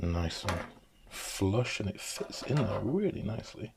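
A part of a 1985 Lego 6055 Castle Prisoner Convoy cart is handled and pressed onto a flat base plate, with light rubbing and handling noises while someone talks. The clip ends before the part goes home, so nothing has seated or clicked yet.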